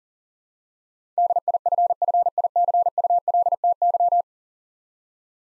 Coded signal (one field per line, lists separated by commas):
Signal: Morse code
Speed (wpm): 40 wpm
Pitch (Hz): 700 Hz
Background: none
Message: DIFFICULTY